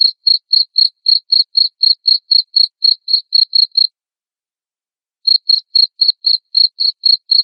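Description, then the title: Cricket producing regular high chirps near four per second, with a pause of about a second and a half midway before continuing. Loud cricket chirping, played to make lovebirds keep singing their ngekek trill. "Suara JANGKRIK NGERIK Keras Bikin LOVEBIRD Jadi NGEKEK Terus Vubey"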